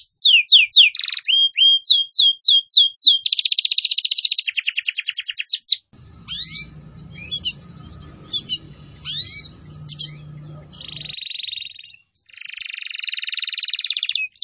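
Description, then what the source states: Atlantic canary song: repeated falling whistles, a rapid buzzy trill, then scattered sharp chirps over a low hum, ending with further rolled trills. Canary (kenari) song used to lure birds (pikat burung).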